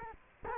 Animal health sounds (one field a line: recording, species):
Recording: mosquito wingbeat signal from an infrared sensor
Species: Culex quinquefasciatus